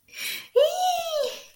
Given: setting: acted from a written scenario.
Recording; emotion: vocal sound without words; triumph